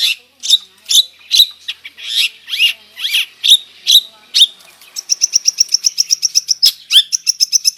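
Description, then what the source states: Long-tailed shrike song: varied whistled and slurred notes spaced apart, then a quicker run of clipped high chirps. Full song with imitations, described as gacor (in full, lively song).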